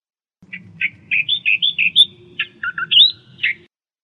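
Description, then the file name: Australian reed warbler song, a quick run of varied chirping and squeaky notes, several repeated in short sets, with a faint low rumble underneath. "suara kicauan burung kerakbasi australia. omkicau"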